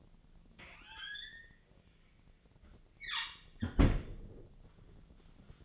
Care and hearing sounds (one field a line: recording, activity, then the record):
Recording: daily activity, microphone in the room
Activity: close fridge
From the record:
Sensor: 4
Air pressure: 1010.5 hPa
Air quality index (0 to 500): 178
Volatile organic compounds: 5 ppm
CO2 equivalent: 1802 ppm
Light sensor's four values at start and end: 26/80/31/32 and 32/94/37/37